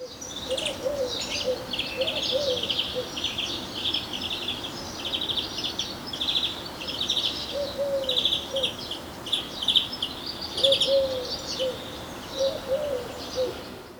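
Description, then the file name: European greenfinch giving twittering calls, quick chirpy phrases in bursts that continue almost without a break, with low short notes underneath. "Chloris chloris"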